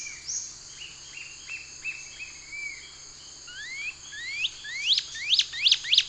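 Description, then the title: Cinereous antshrike: soft, faint notes at first, then louder rising upslurred whistles repeating faster toward the end. Subspecies glaucus. "LuckyPassaro Completos2Sama. Cinereous Antshrike (Thamnomanes caesius glaucus)"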